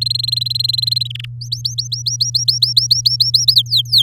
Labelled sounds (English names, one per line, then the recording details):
Domestic Canary song
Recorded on 8 May 2018 at 10:30
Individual llb16